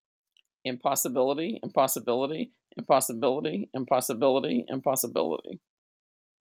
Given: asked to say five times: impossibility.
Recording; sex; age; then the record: repeated word; female; 60 to 69 years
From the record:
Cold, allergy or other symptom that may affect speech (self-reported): no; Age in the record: 60 years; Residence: Illinois, United States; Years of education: 20